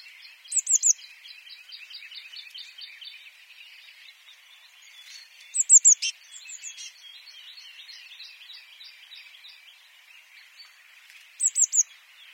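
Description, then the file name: Eurasian blue tit calls: three spaced bursts of sharp, high, falling notes about five seconds apart, set against constant background twittering. "Cyanistes caeruleus"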